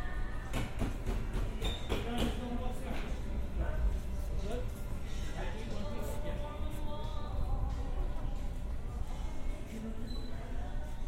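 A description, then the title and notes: Shopping at a hardware store, with a steady murmur of voices and a busy low rumble throughout. Sharp clicks and knocks break in every second or so, and faint sustained tones, possibly the country music, drift underneath. A binaural field recording of shopping at a hardware store in New Rochelle. I was surprised they played country music.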